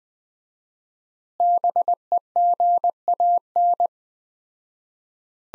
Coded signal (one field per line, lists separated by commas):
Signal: Morse code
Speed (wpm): 20 wpm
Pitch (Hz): 700 Hz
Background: none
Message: BEGAN